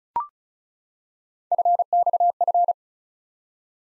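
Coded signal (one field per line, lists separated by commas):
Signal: Morse code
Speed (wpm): 36 wpm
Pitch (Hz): 700 Hz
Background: none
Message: FXF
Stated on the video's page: Morse head-copy practice drill at 35 wpm of random three-character letter-number groups, each sent, spoken, then sent again.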